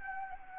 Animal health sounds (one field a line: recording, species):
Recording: mosquito wingbeat signal from an infrared sensor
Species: Anopheles gambiae